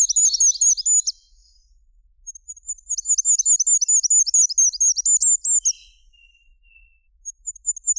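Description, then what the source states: Goldcrest song, extremely high and sibilant, a fast string of identical modulated notes repeated in phrases with short gaps between them. Song described as lasting a few seconds, a repetition of identical modulated syllables.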